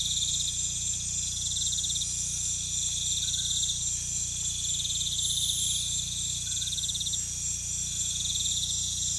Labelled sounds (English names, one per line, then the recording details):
none
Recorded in pastures near Puerto Asís, Putumayo, Colombia, on 16 December 2024 at 20:00
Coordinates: 0.472, -76.331
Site GP02